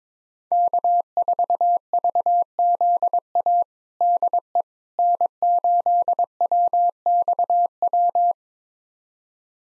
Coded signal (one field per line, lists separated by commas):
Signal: Morse code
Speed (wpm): 22 wpm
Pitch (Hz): 700 Hz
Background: none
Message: K4VZA DE N8WXW